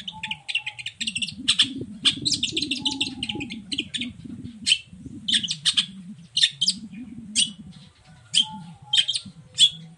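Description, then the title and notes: Long-tailed shrike song: scratchy high chatter and clipped notes in uneven bursts, over a low rumble. Cendet in morning song with varied 'toet toet' phrases, used as a lure to provoke other long-tailed shrikes into answering. "Langsung NYAUTTTTT ! Cendet Gacor Dor Di Kala Pagi Toet Toet Variasi Suara. Pancingan Emosi Cendet Gacor Full Variasi Toet Toet Bikin Nyaut Cendet Lain Langsung Ikutan Bunyi. Burung cendet"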